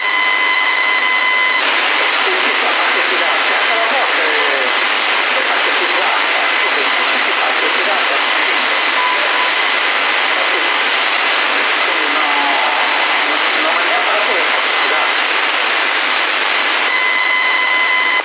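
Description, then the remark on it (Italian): Steady, loud CB radio hiss fills the whole stretch, thin and band-limited, with faint garbled voice-like warbling inside it and a pair of steady whistling tones at the start and end. “Sì, perché questo fruscio, questo rumore è uno schema proprio.”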